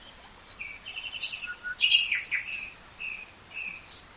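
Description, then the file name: Common nightingale song, a short sequence of pure whistles and a quick trill, quiet against a steady background hiss. "Luscinia megarhynchos"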